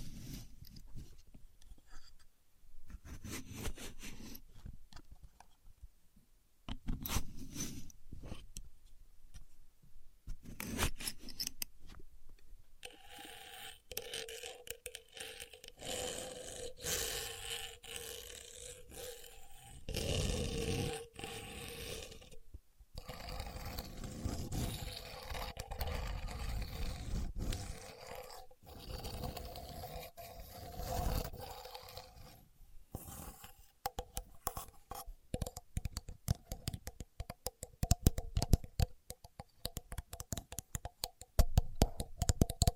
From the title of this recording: Using A Contour Gauge (No Talking)